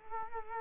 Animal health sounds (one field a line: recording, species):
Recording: mosquito wingbeat signal from an infrared sensor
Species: Culex quinquefasciatus